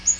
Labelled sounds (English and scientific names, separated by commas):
Magnolia Warbler (Setophaga magnolia) flight call